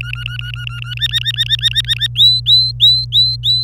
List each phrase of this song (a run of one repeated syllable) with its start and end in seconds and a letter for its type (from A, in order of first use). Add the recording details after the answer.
0.01-0.94 A, 0.97-2.07 B, 2.15-3.63 C. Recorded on 26 April 2018 at 06:06. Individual llb3